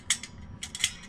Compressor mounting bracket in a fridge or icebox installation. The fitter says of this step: folds back so you can it snaps into place and holds it